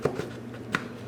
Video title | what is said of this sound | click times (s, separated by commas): BMW R 1200 GS Luftfilter wechseln - wie geht das eigentlich? #motorraddoktor | the bottom one in and it will snap into place | 0.7 s